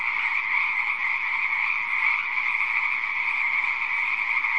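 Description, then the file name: Many frogs croaking together in a continuous, even chorus with no pauses, a buzzing wall of overlapping calls. "audio hero Frog"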